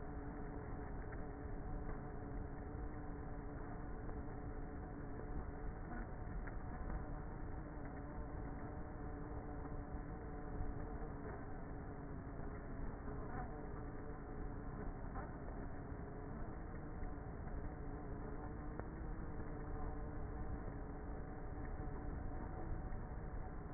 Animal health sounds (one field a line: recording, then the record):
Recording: honeybee colony, microphone inside the hive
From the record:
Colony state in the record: queenless with a low population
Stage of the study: before two queens were removed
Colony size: about 30,000 bees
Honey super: no